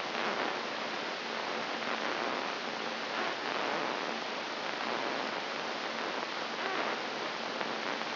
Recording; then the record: brain microelectrode recording played as sound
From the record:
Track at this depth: inside the subthalamic nucleus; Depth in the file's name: 2.746 mm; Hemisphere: right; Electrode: 3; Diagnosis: Parkinson's disease